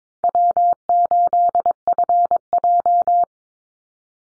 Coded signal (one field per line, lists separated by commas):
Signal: Morse code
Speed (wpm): 22 wpm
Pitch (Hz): 700 Hz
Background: none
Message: W8FJ